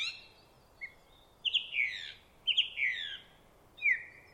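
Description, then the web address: Song thrush song, clear whistled phrases with two similar falling slurred notes given in succession, then a brief descending whistle. "cianscape birddata Deverinetal 2025"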